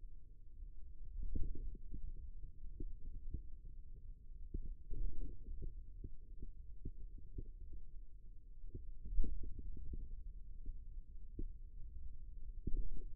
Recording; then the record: forearm muscle sounds (acoustic myography)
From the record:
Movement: ulnar deviation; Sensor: system 2, bracelet of six BSWA MPA416 microphones around the upper forearm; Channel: 3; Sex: male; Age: 22 years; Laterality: right